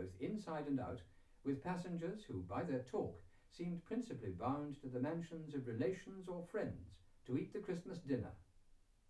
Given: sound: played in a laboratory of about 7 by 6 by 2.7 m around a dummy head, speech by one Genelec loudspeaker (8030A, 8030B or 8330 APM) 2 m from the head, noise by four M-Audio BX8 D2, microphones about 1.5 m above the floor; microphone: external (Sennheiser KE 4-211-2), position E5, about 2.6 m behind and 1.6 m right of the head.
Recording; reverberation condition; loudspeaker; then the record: male speech in English; low; 60 degrees to the right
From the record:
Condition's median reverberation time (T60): about 310 ms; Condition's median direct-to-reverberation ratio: about 3.5 dB